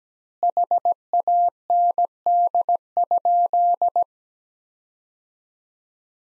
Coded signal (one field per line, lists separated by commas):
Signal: Morse code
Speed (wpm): 17 wpm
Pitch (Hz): 700 Hz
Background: none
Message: HAND?